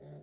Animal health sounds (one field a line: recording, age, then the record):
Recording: pig call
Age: piglet (1 to 25 days)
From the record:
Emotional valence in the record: negative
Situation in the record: long isolation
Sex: female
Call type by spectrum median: low-frequency call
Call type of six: low-frequency stable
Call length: 0.23 s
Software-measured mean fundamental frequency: 49 Hz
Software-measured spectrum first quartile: 150 Hz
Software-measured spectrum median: 274 Hz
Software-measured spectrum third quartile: 524 Hz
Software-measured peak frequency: 410 Hz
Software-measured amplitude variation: 65 dB a second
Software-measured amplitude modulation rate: 15.3 a second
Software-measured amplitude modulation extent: 4.3 dB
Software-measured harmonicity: 1.2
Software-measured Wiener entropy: 0.39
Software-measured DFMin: 1044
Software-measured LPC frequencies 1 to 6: 557, 1868, 3567, 5723, 7277, 7988 Hz